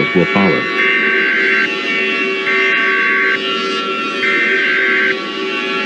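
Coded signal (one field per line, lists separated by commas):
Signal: Emergency Alert System (SAME) tones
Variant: header bursts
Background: speech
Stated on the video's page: Fictional EAS scenario alert about war in the USA.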